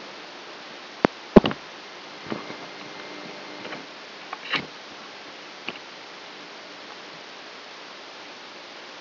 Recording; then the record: brain microelectrode recording played as sound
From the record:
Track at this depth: outside the subthalamic nucleus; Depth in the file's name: 5.503 mm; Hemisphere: right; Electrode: 2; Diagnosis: Parkinson's disease